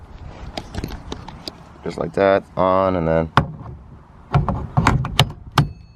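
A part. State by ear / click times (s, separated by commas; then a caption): seated / 5.6 s. A Sparco steering wheel on a quick release hub is slid back onto the steering column hub of an S550 Mustang while someone talks. Light clacks and rattles of handling are heard, then it locks in place with a sharp click at 5.6 s.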